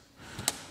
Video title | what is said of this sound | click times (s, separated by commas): OG Home Garage Build: Final Big Project - Backsplash & Garage Audio Setup | so these are a bracket that snaps in place | 0.5 s